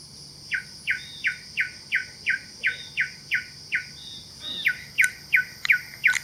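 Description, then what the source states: Pin-striped tit-babbler call, a series of short downslurred notes repeated about three times a second, with a faint insect hum and another brief bird note. Kledang Sayong Forest Reserve, Ipoh, Perak, Malaysia, 16 June 2018.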